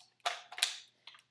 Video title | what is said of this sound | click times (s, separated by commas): Lancer Tactical LT-06T M4A1 review | a nice click when it goes in and it's not falling out on you any time soon I'll tell you that | 0.6 s